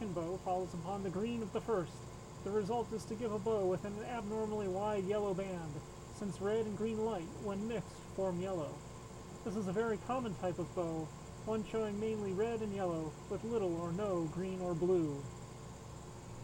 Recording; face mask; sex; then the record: reading aloud; surgical mask; male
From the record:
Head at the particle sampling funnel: turned sideways, cheek in front of it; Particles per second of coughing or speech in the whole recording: 0.0482